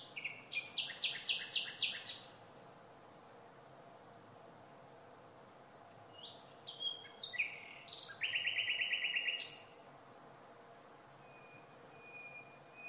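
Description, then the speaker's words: Common Nightingale singing: a phrase of loud, repeated buzzy notes, a pause, then varied whistles ending in a fast rattling trill and a thin high note. Male song; more varied motifs make a male more successful with females, while a male repeating only two motifs is a poor one. "Das heißt, wenn also eine Nachtigall nur zwei Motive immer wieder wiederholt, ist das kein besonders tolles Männchen."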